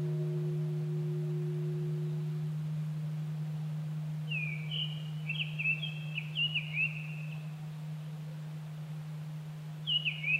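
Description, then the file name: Japanese thrush song, a run of varied whistled and trilled notes midway and a short phrase at the end, over a constant low droning hum. 25 April 2010 at 18:00. "kurotugumi-20100425-1800"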